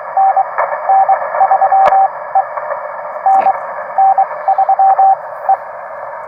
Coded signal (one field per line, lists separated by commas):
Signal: Morse code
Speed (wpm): 23 wpm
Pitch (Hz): 770 Hz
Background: radio noise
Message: NN3E NN3E